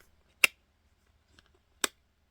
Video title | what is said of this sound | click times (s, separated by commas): Temu Haul! 🔥 Handbags, Jewelry, Clothes, Kitchenware, Makeup & More!! | I mean, you can hear it click into place. | 0.4 s, 1.8 s